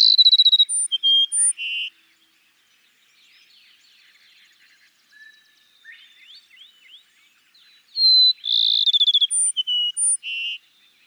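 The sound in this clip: Cassin's sparrow song heard twice, the first cut off at its start, each with a loud rapid trill followed by separate whistled notes, with soft twittering in between.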